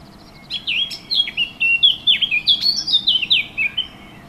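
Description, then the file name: Warbler song: a lively, fast-paced stream of clear warbled notes, roughly four per second, rising and falling in pitch for over three seconds. Recorded 15 June 2014 with an MZ-N710 recorder. "MZ-N 710 Fauvette 15 06 14"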